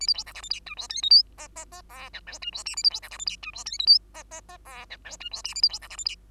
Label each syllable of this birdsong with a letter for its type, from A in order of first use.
A B C D E F G H I J K L M M M N O P H I Q A B C D E F G H I J K L M M M N O P H I Q A B C D E F G